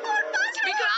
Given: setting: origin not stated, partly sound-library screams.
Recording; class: one-second piece from a danger detection set; woman in danger